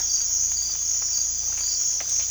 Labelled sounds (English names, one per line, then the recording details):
none
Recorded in dense forest near Puerto Asís, Putumayo, Colombia, on 18 December 2024 at 03:00
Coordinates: 0.481, -76.323
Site G100